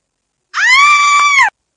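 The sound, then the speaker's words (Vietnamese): A thin, dark-skinned woman, startled by a figure in a wedding dress springing from behind a door, lets out a single shrill, frightened scream, a loud sustained high-pitched shriek with a strong harmonic tone lasting about a second before cutting off abruptly. “Người phụ nữ đen gầy bị dọa thét chói tai, liên tiếp lùi về phía sau.”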